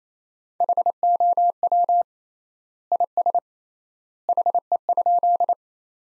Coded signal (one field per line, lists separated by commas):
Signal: Morse code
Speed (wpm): 28 wpm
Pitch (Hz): 700 Hz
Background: none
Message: HOW IS HE?